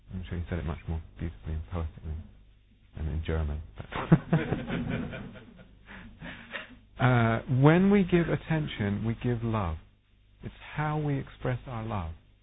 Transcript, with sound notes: I'm sure he said it much more beautifully and poetically. And in German. [laughter] When we give attention, we give love. It's how we express our love.